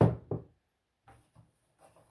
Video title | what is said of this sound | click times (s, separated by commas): video #3 of ebay locks lol ... 5th December 2022 | Brilliant, brilliant snap. | 0.0 s